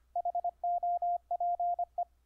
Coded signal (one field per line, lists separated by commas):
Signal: Morse code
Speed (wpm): 24 wpm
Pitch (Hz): 700 Hz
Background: radio noise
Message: HOPE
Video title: Setup Dahdidah keyer on UBUNTU 12.04 using WINE